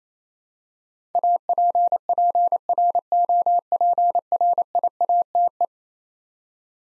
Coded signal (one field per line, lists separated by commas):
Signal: Morse code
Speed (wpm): 28 wpm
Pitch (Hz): 700 Hz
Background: none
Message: APPROPRIATE